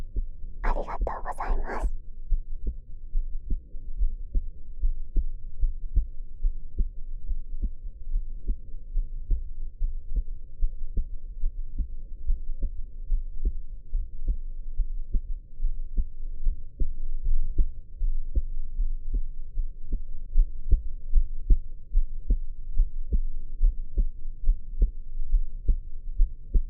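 A brief rustle as the ear of a dummy-head microphone is pressed to an adult's chest, then steady, muffled low thumps of a heartbeat at about 73 beats a minute, with a regular rhythm throughout.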